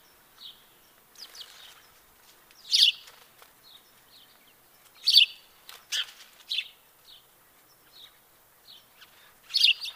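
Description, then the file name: House sparrow calls: a few loud chirps at irregular intervals, with softer chirps between. "Passer domesticus"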